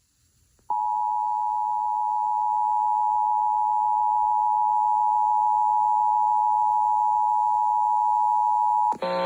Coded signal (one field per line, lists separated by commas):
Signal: Emergency Alert System (SAME) tones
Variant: 853 and 960 Hz attention tone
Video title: EAS #254 Severe Thunderstorm Warning